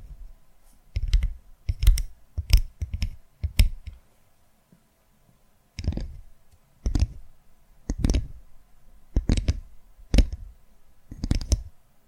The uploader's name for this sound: Tapping Through Your Brain Invisible + 3D Triggers